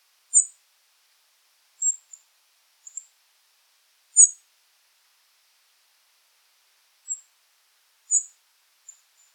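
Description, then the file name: European robin uttering short, very high, thin notes, some paired, at irregular intervals with quiet between them. "Erithacus rubecula"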